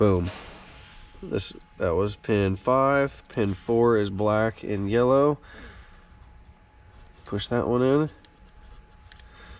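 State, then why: Seated. Someone talks while pushing the terminal pin four, on the black and yellow wire, into a plastic connector housing during an E85 flex sensor install on an A90 Toyota Supra. After the talking stops, a sharp click at 9.1 s marks the pin snapping into the housing and seating.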